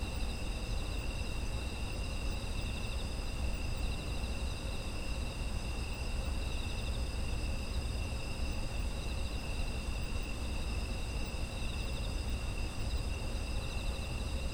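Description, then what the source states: Insects singing in a continuous layered chorus, multiple high-pitched trills holding steady the whole time beneath which a low hum persists. Ambient sound of insects in autumn.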